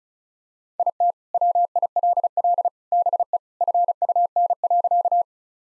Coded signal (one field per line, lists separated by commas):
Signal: Morse code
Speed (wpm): 36 wpm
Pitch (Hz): 700 Hz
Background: none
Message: IT WILL BE FUN.